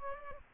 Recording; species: mosquito wingbeat signal from an infrared sensor; Culex pipiens